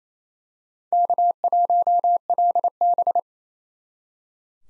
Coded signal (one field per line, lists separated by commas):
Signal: Morse code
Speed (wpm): 27 wpm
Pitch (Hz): 700 Hz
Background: none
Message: K1LB